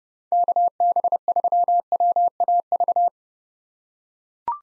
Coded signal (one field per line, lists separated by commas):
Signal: Morse code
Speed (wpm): 30 wpm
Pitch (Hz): 700 Hz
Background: none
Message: KB3WAV